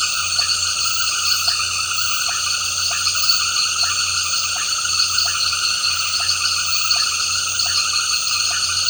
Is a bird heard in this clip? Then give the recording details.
no. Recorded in pastures near Puerto Asís, Putumayo, Colombia, on 8 March 2025 at 18:30. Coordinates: 0.466, -76.322. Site CSA-02